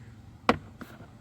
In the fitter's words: you see you just heard it pop